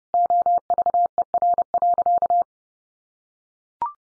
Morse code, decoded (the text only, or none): OVER.